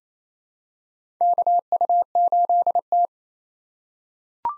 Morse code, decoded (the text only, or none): KU8T